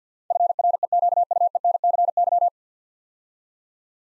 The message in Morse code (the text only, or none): FREQUENCY